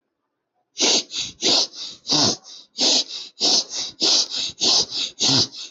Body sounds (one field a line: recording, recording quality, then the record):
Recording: shallow breathing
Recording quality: excellent, no background noise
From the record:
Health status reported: healthy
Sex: female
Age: 56 years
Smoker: no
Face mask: not worn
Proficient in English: no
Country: India